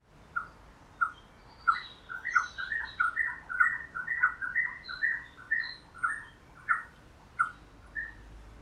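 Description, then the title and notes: Wren calling: sharp chattering notes, first spaced, then in a quick tumbling run, then spaced again, with a few fainter higher notes and a soft background hiss. "Cucarachero III by Kellyn Parra Garcia"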